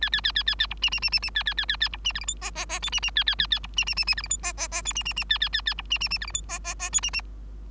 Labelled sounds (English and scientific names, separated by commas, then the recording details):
Bengalese Finch (Lonchura striata domestica) song
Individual Bird3